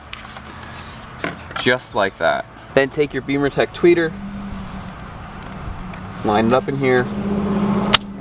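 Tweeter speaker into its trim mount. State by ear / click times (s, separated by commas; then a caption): seated / 7.9 s. Someone talks while lining up an aftermarket BimmerTech tweeter from an Alpha One Premium Speaker Upgrade in its mounting spot in the door or dash trim of an F30 BMW. The tweeter is pressed in, and one sharp, loud click is heard at 8.0 s as it seats in its trim mount.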